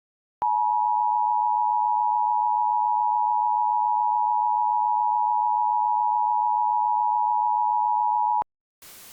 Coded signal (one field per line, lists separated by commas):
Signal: Emergency Alert System (SAME) tones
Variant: 853 and 960 Hz attention tone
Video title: EAS Scenario - The Corruption